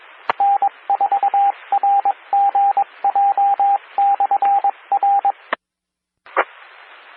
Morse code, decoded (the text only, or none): N4RGJ/R E